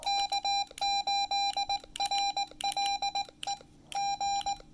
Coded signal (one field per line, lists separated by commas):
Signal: Morse code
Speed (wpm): 18 wpm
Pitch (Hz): 810 Hz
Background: none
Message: K8RLE G